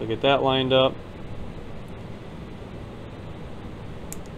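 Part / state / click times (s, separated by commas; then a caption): small plastic suspension or driveline part into an RC crawler chassis / seated / 4.1 s. Someone talks briefly at the start while lining up a small plastic suspension or driveline part with its hole in a 1/24 scale SCX24 Warthog RC crawler chassis, then a steady low background hiss continues. At 4.1 s a sharp, short click is heard as the part is pushed in and snaps into place, leaving it seated and locked.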